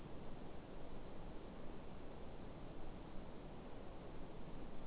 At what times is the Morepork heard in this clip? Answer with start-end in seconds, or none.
none